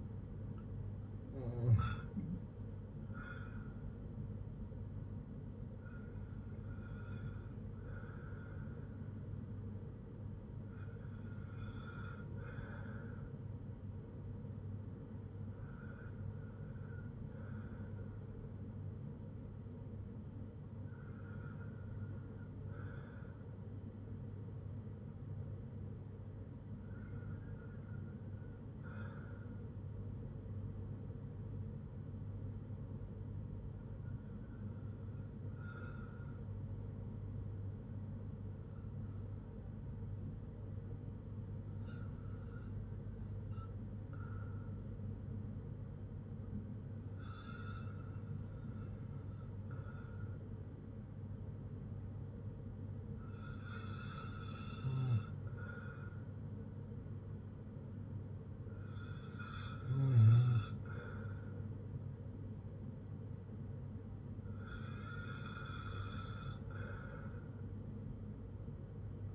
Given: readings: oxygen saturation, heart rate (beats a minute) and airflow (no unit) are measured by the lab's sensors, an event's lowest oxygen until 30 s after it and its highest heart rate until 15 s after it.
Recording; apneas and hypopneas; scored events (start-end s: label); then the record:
breathing in sleep by a smartphone at the bedside; 1
34.00-60.50 s: hypopnea (REM, oxygen 97% highest, then 94% lowest, heart rate 68 at the start, 69 highest)
From the record:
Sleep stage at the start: REM sleep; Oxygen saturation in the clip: 88 to 97%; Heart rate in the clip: 59 to 78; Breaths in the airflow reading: 13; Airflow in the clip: -6.0 to 5.0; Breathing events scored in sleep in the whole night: 182 in 7.4 hours asleep